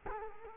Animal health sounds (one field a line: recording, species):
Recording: mosquito wingbeat signal from an infrared sensor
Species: Culex quinquefasciatus